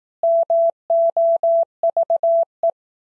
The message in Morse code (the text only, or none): MOVE